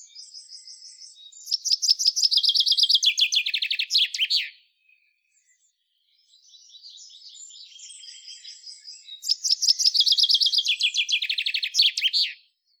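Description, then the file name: Common chaffinch song repeated twice: each phrase a fast, rattling trill that falls in steps and finishes with an emphatic flourish, soft twitters heard between phrases. "Fringilla coelebs"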